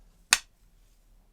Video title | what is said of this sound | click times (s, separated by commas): DRPD Tool Haul : Upgrading my EDC Tool Pouch | great great positive locks in they're very nice | 0.3 s